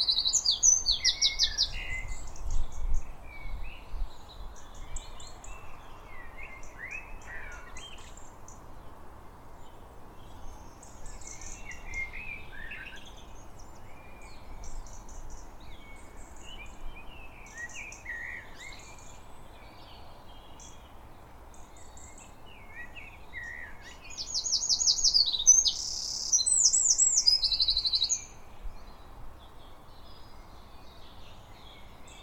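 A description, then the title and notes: A dawn chorus of many birds sings at once, with short bright chirps, trills and whistles overlapping throughout. One bird calls loudly near the start, and another sings a strong, rapid phrase around 25 to 28 seconds. A low steady rumble sits underneath. Dawn Chorus 5am Morning Birdsong. Birdsong during the dawn chorus. Recorded on the grounds of Bothwell Castle in Bothwell, Scotland.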